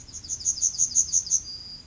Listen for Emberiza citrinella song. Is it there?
yes